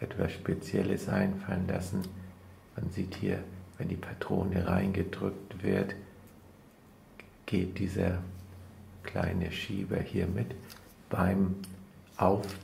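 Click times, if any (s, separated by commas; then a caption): 7.2 s. An ink cartridge is pressed into the grip section of a Rotring fountain pen, moving a small slider mechanism as it goes in. Someone talks throughout, and a single sharp click sounds at 7.2 s as the cartridge seats.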